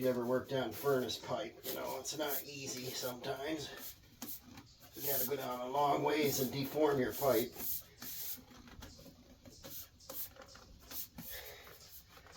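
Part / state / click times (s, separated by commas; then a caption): stove pipe seam edge into the mating seam groove / not seated / none. Someone talks while handling a sheet-metal stove pipe, deforming it and pressing its seam edge toward the mating seam groove, with metallic rubbing and brief handling knocks around 4.2, 8.0 and 10.1 seconds. Nothing has seated or clicked yet; the seam has not snapped into the groove.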